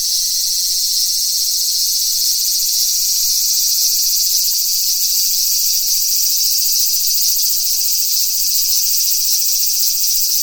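Cicada chorus, an unbroken piercing high drone with fine fast pulsing, steady in loudness throughout.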